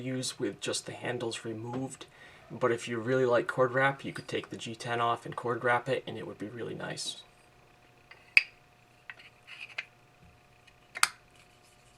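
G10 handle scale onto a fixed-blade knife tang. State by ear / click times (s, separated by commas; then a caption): not seated / none. Someone talks for about seven seconds while holding a DPX Gear HEFT 4 fixed-blade knife, then handles its G10 handle scale at the full-tang handle, making sharp, brief ticks around 8.4, 9.1, 9.8 and 11.0 seconds. The scale has not yet snapped or seated onto the tang by the end of the clip.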